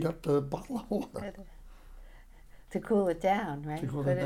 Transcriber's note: chuckles